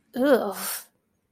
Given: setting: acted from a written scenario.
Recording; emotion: vocal sound without words; disgust